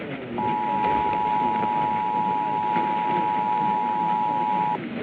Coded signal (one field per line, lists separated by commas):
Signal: Emergency Alert System (SAME) tones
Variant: 853 and 960 Hz attention tone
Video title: Remnants of a High… EAS Alerts from 3/15/25-3/16/25 - Mini Compilation